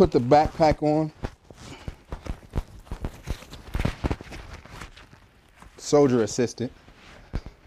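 An assistant handles the ammunition feed chute of a backpack magazine that feeds a machine gun, bringing it toward its seat. Someone talks at the start and again near 6 s, and short sharp handling knocks are heard around 2.1, 2.6, 3.1, 4.1, 4.8 and 7.4 s. The chute has not seated or clicked into place yet.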